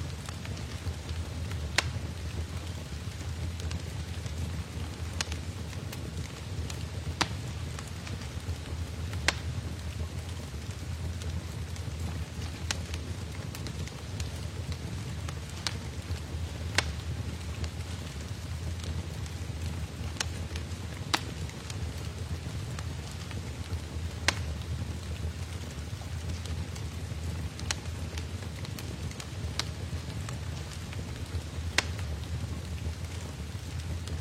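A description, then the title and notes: A charcoal fire burns in a stove with a steady low rumble and a soft, dense crackle throughout. Sharp pops snap out every few seconds, bright. Beneath them a constant low hum holds steady from start to finish. The exclusive charcoal fire sound of the stove.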